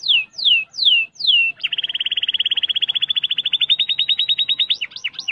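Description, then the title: Canary song opening with four slow descending whistles, then a long rapid trill of repeated notes that gradually slows before ending in sharp sweeping chirps. "Kenari"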